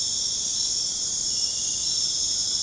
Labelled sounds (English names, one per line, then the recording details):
none
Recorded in dense forest near Puerto Asís, Putumayo, Colombia, on 23 June 2025 at 19:30
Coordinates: 0.486, -76.317
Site G065